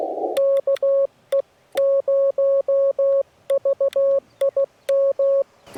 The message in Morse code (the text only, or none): KE0VIM